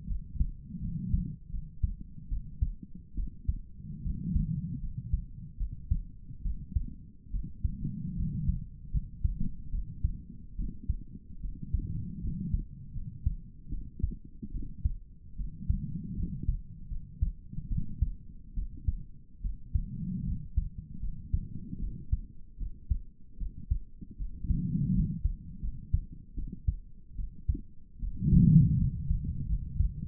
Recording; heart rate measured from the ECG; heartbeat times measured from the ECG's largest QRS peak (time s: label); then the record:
heart sounds by stethoscope; 76 bpm
0.08 s: heartbeat
0.81 s: heartbeat
1.52 s: heartbeat
2.30 s: heartbeat
3.16 s: heartbeat
4.03 s: heartbeat
4.81 s: heartbeat
5.58 s: heartbeat
6.43 s: heartbeat
7.32 s: heartbeat
8.16 s: heartbeat
8.92 s: heartbeat
9.71 s: heartbeat
10.57 s: heartbeat
11.41 s: heartbeat
12.22 s: heartbeat
12.94 s: heartbeat
13.70 s: heartbeat
14.52 s: heartbeat
15.37 s: heartbeat
16.16 s: heartbeat
16.90 s: heartbeat
17.69 s: heartbeat
18.55 s: heartbeat
19.42 s: heartbeat
20.25 s: heartbeat
21.01 s: heartbeat
21.80 s: heartbeat
22.59 s: heartbeat
23.39 s: heartbeat
24.18 s: heartbeat
24.93 s: heartbeat
25.61 s: heartbeat
26.35 s: heartbeat
27.17 s: heartbeat
28.00 s: heartbeat
28.78 s: heartbeat
29.47 s: heartbeat
From the record:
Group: healthy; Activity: rest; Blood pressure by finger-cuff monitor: 119/62 mmHg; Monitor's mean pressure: 83 mmHg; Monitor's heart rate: 75 bpm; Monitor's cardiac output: 7.2 L/min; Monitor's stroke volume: 98 mL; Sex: female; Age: 22 years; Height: 160 cm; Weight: 63 kg